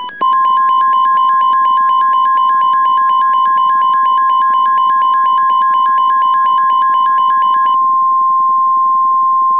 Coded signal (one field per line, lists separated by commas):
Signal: Emergency Alert System (SAME) tones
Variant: 1050 Hz attention tone